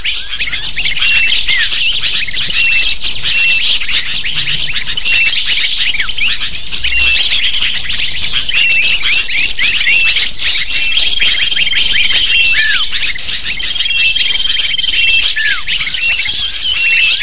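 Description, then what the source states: Lovebird flock calling nonstop, high twittering chirps densely layered, with a thin steady whistled tone appearing now and then. Lure recording (pikat) used to attract lovebirds.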